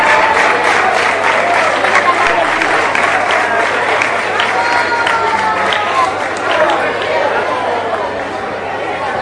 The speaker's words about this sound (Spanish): Un aplauso.